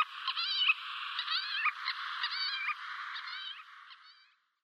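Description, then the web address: White-tailed lapwing alarm calls: overlapping wavering, trilled notes in quick succession, gradually fading toward the end. "Schulze Peter White-tailed Lapwing alarmcalls"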